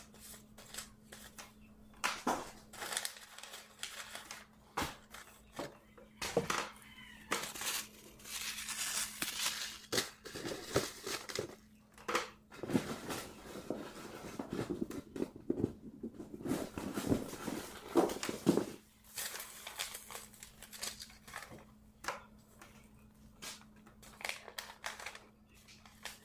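Packets of seeds are shuffled and sorted, making dry crinkling rustles and short papery flicks that come in quick irregular bursts. The handling grows busier and denser from about 8 to 19 seconds, then thins to sparse taps. A low steady hum runs underneath throughout.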